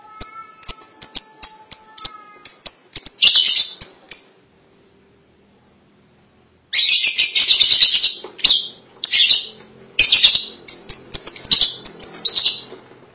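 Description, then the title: Lovebird sounds: quick repeated high chirps turning into harsh chatter, a silent pause, then loud shrill twittering bursts and chirps. "BM Suara Burung Lovebird"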